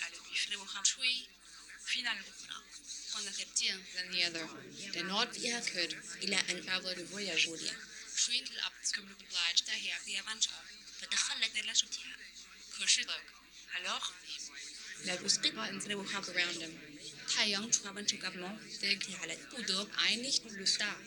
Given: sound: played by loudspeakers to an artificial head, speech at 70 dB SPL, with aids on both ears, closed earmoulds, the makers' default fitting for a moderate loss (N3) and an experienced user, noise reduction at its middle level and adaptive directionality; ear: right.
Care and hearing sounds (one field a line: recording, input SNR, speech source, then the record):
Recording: speech test signal (ISTS) in cocktail-party noise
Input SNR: +3 dB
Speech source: on the right (90 degrees)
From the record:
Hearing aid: class 1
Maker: J